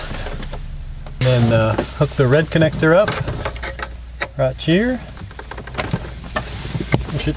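A red wiring-harness connector is being fitted to a replacement engine computer (ECU) on a GMC Safari or Astro van while someone talks. Faint handling clicks and taps are heard. Nothing has seated or clicked yet.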